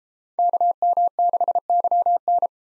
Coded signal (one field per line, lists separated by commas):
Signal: Morse code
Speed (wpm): 32 wpm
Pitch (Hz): 700 Hz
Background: none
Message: KM6YN